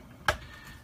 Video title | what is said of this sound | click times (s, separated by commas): DROCON DC-08 GPS 1080P 5G WiFi FPV Camera Drone | there's a there's a space under the camera so you're not gonna pinch the wires and that just locks in right there you go so | 0.3 s